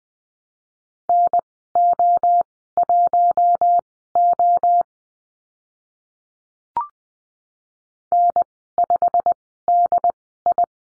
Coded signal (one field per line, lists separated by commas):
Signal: Morse code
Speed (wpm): 20 wpm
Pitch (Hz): 700 Hz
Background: none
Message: NO1O N5DI